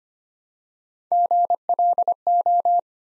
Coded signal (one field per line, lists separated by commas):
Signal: Morse code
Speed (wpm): 25 wpm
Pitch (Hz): 700 Hz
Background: none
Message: GLO